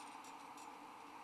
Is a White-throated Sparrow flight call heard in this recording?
no